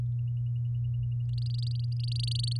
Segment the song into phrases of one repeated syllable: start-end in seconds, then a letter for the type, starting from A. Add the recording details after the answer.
1.33-2.57 A. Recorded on 10 May 2018 at 17:05. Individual llb16